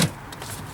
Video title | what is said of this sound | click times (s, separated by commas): How to change the Spark Plugs on a BMW 318i with N43 Engine, E90, E91, E92, E93 | you kind of hear them click into place so now they're in | 0.0 s, 0.4 s